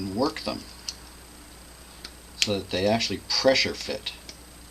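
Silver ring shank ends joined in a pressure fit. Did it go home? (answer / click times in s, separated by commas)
no / none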